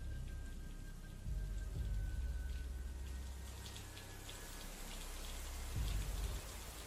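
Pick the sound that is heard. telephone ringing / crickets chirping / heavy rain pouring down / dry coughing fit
heavy rain pouring down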